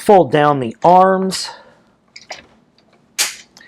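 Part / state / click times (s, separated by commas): robot toy arm into shoulder joint / seated / 2.2 s, 3.6 s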